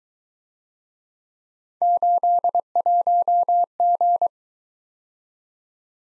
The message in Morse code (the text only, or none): 81G